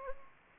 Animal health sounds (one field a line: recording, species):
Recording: mosquito wingbeat signal from an infrared sensor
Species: Anopheles gambiae